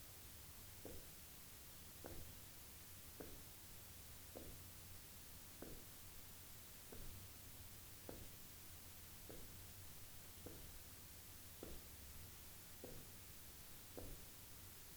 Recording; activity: daily activity, guitar pickup as the sensor; jump